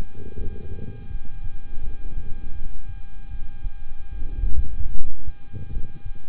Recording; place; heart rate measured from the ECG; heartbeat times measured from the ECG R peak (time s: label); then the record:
heart sounds by stethoscope; between the tricuspid and mitral areas; 78 bpm
0.34 s: heartbeat
1.08 s: heartbeat
1.81 s: heartbeat
2.52 s: heartbeat
3.28 s: heartbeat
4.09 s: heartbeat
4.92 s: heartbeat
5.70 s: heartbeat
From the record:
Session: rest, lying down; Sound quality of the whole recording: good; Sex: male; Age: 26 years